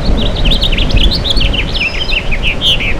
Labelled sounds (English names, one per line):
House Finch song